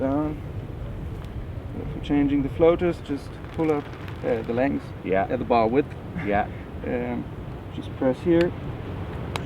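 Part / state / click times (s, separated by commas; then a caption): width adjuster on a kiteboarding control bar / released / 9.4 s. Someone talks over steady background noise while pressing the release on the width adjuster of a CORE Kiteboarding Sensor Bar 3 control bar to change the bar width or floater setting. A sharp click at 9.4 s marks the adjuster button clicking open.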